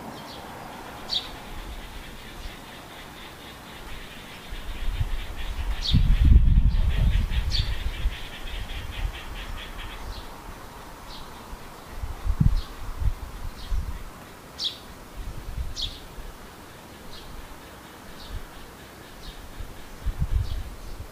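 Birds call in short, bright chirps scattered through the recording, with a rapid trill running from about one to ten seconds. Low rumbling bumps sit underneath, strongest around six to seven seconds and returning briefly near twelve and twenty seconds.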